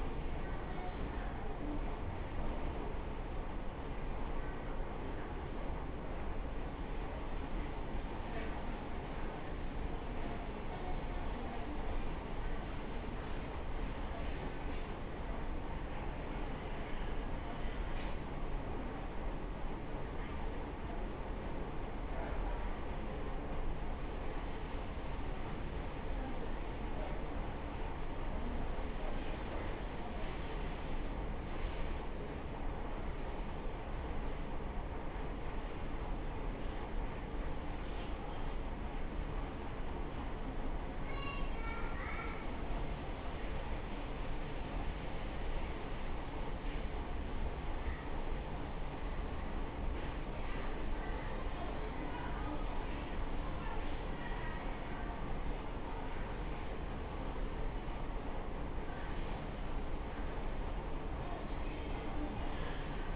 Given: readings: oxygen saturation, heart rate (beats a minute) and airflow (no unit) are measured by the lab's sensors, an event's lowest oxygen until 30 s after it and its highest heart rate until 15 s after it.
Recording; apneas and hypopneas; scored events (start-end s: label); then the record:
a person awake in a sleep study, by a smartphone at the bedside; none
0.00-63.16 s: awake
0.00-63.16 s: awake
From the record:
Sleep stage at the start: awake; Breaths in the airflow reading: 24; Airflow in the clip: -0.7 to 0.7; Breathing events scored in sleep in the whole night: 328 in 6.3 hours asleep